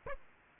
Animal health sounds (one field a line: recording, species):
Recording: mosquito wingbeat signal from an infrared sensor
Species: Aedes aegypti